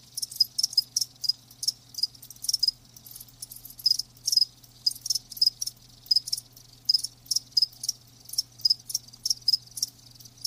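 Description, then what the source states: Cricket sounds evenly spaced short high chirps over a faint low hum. Live crickets chirping.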